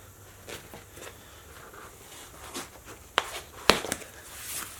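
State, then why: Partly seated. A narrow tire is inflated onto a wide steel or alloy rim to seat its bead, with faint hissing and rustling before sharp pops at 3.2 and 3.7 seconds and a smaller snap just after. The bead only partly seats: one side is still not seated, though it is close.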